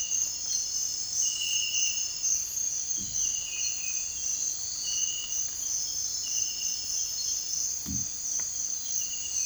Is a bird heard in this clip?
no